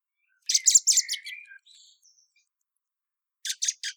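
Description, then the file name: Common blackbird giving a quick run of harsh, high chinks that trail into a soft thin phrase, followed by three more sharp chinks. "Turdus merula"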